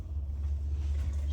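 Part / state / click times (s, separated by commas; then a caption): fan cable connector into fan/lighting controller header / not seated / none. A fan or RGB cable connector is pressed into a header on a Commander Core XT fan and lighting controller, but its plastic pin module slides back into the housing instead of locking because it is not seated correctly on the back side. Only a steady low rumble is heard throughout, with no sharp sounds. Nothing has seated or clicked.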